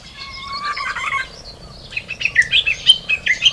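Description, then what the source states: Japanese bush warbler song: a held, even whistle with a higher overtone for about a second, followed by a burst of quick, bright, chirping notes. Recorded 18 March 2016.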